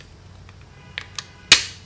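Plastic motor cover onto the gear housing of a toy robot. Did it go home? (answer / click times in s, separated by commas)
yes / 1.5 s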